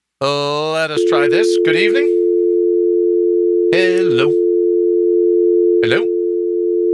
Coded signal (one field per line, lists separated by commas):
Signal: telephone call progress tone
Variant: North America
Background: speech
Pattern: dial tone